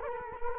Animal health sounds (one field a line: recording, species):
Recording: mosquito wingbeat signal from an infrared sensor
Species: Culex quinquefasciatus